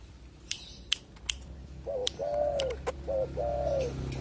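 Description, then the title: Pigeon cooing: a few clicks and sharp ticks at first, then two mellow, slightly arched coos, each a short note followed by a longer one, over a low steady hum. "Canto Da Pomba"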